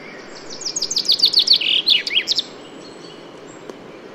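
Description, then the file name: Common chaffinch song: a quick series of sliding high notes ending in a brief flourish, then quiet with a single faint tick. "Fringilla coelebs"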